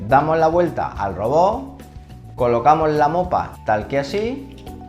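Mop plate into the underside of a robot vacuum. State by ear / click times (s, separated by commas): not seated / none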